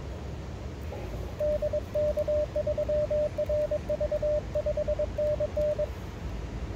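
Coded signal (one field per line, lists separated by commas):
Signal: Morse code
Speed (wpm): 22 wpm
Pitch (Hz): 590 Hz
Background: radio noise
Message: DK3RV 5NN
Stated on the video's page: CW pile-up during a first-time WWFF and WCA/COTA activation by the river, also serving as an emergency radio drill.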